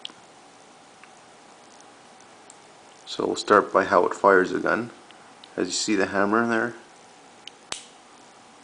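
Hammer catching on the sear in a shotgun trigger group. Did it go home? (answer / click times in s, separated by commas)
yes / 7.7 s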